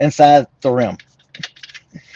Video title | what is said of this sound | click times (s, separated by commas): Do you do your inspection? Don’t be the guy who leaves it for the next person. | And it's not tightening, so I'm assuming it's stripped out. | none